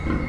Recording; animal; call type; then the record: contact call of a hoofed animal; wild boar; grunt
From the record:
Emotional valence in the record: positive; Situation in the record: naturally occurring affiliative interactions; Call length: 0.29 s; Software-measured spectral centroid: 1330 Hz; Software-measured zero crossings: 1110 a second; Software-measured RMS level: -24 dBFS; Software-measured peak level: -12 dBFS